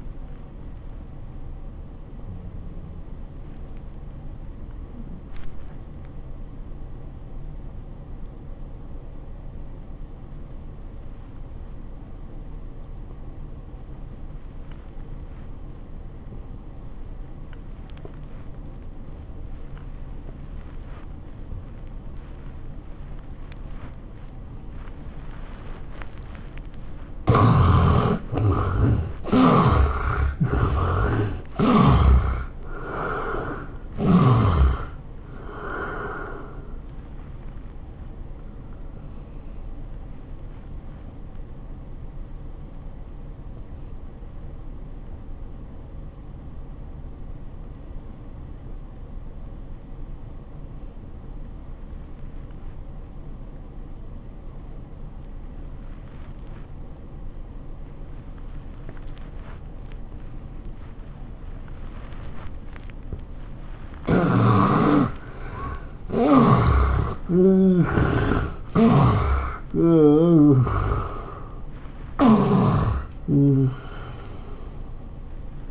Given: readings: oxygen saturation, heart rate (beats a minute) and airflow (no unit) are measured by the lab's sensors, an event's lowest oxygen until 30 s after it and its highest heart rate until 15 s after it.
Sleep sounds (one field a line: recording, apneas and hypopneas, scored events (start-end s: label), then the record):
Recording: breathing in sleep by a smartphone at the bedside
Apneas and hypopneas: 2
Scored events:
6.00-28.00 s: obstructive apnea (N1, oxygen 94% highest, then 75% lowest, heart rate 75 at the start, 99 highest)
45.00-65.40 s: obstructive apnea (N1, oxygen 96% highest, then 78% lowest, heart rate 75 at the start, 98 highest)
From the record:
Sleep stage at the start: N1 (lightest sleep)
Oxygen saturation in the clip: 75 to 96%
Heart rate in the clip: 74 to 99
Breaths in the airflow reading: 9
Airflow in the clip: -17.9 to 11.8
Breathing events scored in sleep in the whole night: 403 in 5.5 hours asleep